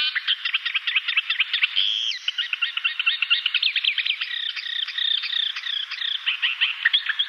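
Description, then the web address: Thick-billed warbler song, a continuous rapid jumble of varied chattering and whistled notes, loud and energetic throughout. "Schulze Peter Thick-billed Warbler song"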